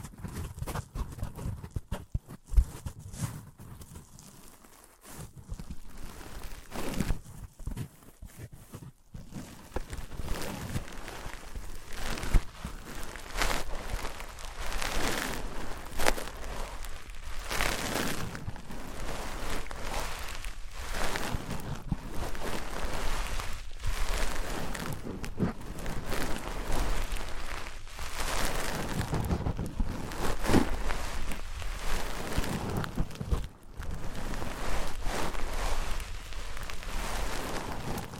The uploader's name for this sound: Wood vs Cork, Sponge vs Foam, Glass vs Plastic